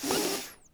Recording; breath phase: one breath near a microphone; inhalation